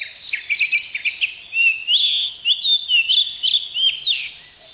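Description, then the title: Oriental magpie-robin song: quick chirpy notes giving way to longer slurred whistles, rising and falling, delivered almost without pause. "KACER"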